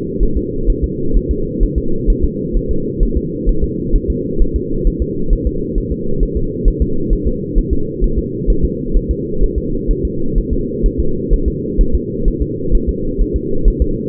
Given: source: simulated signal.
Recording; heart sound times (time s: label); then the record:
fetal heart sounds
0.23 s: S1
0.37 s: S2
0.70 s: S1
0.84 s: S2
1.17 s: S1
1.31 s: S2
1.63 s: S1
1.78 s: S2
2.10 s: S1
2.24 s: S2
2.56 s: S1
2.71 s: S2
3.03 s: S1
3.17 s: S2
3.49 s: S1
3.64 s: S2
3.95 s: S1
4.10 s: S2
4.42 s: S1
4.56 s: S2
4.87 s: S1
5.02 s: S2
5.33 s: S1
5.47 s: S2
5.78 s: S1
5.92 s: S2
6.23 s: S1
6.37 s: S2
6.68 s: S1
6.82 s: S2
7.13 s: S1
7.27 s: S2
7.58 s: S1
7.73 s: S2
8.04 s: S1
8.19 s: S2
8.50 s: S1
8.64 s: S2
8.97 s: S1
9.11 s: S2
9.43 s: S1
9.58 s: S2
9.91 s: S1
10.05 s: S2
10.38 s: S1
10.53 s: S2
10.86 s: S1
11.00 s: S2
11.33 s: S1
11.48 s: S2
11.81 s: S1
11.95 s: S2
12.28 s: S1
12.42 s: S2
12.75 s: S1
12.89 s: S2
13.21 s: S1
13.36 s: S2
13.68 s: S1
13.82 s: S2
From the record:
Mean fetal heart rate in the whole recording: 130 bpm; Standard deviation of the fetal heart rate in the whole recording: 2 bpm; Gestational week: 38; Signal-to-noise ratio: -8.1 dB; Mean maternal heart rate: 72 bpm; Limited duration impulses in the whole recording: absent